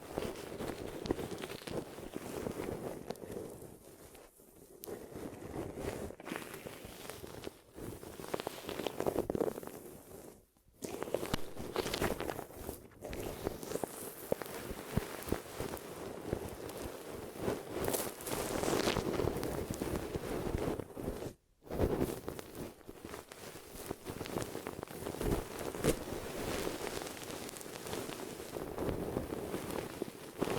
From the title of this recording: Glue Ear Massage and Cleaning